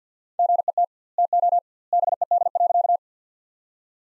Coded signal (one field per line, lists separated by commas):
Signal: Morse code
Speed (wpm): 49 wpm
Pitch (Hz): 700 Hz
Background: none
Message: GET TO BED.